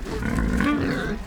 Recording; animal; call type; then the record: contact call of a hoofed animal; wild boar; grunt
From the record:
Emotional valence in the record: negative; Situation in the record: naturally occurring agonistic interactions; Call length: 1.26 s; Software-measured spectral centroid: 2110 Hz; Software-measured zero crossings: 1330 a second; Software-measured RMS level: -24 dBFS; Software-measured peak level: -9 dBFS